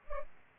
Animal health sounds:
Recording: mosquito wingbeat signal from an infrared sensor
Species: Culex pipiens

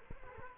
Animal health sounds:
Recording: mosquito wingbeat signal from an infrared sensor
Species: Culex quinquefasciatus

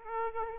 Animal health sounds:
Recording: mosquito wingbeat signal from an infrared sensor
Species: Aedes aegypti

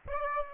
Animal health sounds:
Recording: mosquito wingbeat signal from an infrared sensor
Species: Aedes aegypti

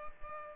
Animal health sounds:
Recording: mosquito wingbeat signal from an infrared sensor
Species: Culex pipiens

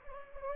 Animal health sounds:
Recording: mosquito wingbeat signal from an infrared sensor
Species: Anopheles gambiae

